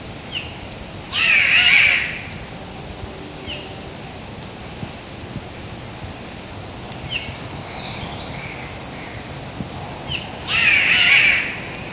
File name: spotted catbird